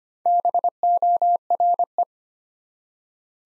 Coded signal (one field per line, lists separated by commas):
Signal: Morse code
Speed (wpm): 25 wpm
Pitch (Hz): 700 Hz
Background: none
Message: BORE